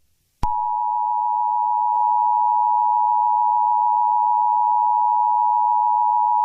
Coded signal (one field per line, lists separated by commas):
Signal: Emergency Alert System (SAME) tones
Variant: 853 and 960 Hz attention tone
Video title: EAS Scenario: Just A Test